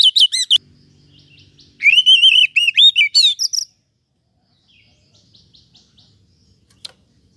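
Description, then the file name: Oriental magpie-robin giving a short whistled burst, then a longer phrase of rich, looping whistles, followed by faint high ticking notes and a sharp click. "Suara-Kacer-Versi-1"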